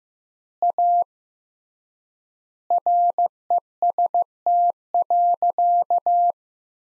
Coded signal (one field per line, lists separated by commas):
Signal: Morse code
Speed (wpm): 15 wpm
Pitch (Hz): 700 Hz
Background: none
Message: A REST.